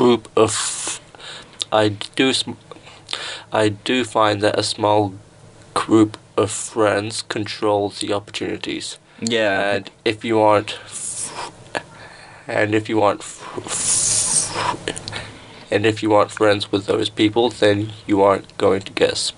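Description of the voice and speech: An adult man who stutters speaks in a low voice with repeated words and phrases. "I do" is said twice, and "and if you aren't" comes three times, broken by long silent pauses and stretched sounds before fluent speech resumes. These are typical stuttering disfluencies.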